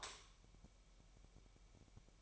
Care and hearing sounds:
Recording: daily activity, microphone in the room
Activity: light off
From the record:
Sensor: 1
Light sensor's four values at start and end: 9/28/10/12 and 5/11/4/5

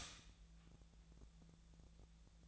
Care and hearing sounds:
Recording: daily activity, microphone in the room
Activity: stop toaster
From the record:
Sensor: 3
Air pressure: 1000.2 hPa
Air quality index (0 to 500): 153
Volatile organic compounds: 3 ppm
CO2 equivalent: 1353 ppm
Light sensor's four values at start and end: 38/97/41/44 and 38/97/41/44

